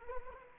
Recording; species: mosquito wingbeat signal from an infrared sensor; Anopheles arabiensis